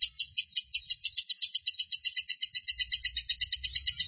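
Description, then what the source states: Lovebird chattering in a fast, high, rasping trill of evenly pulsed notes that runs without a break, with faint low rumbling in the background. Long trill song style known in Indonesian as 'ngekek panjang'.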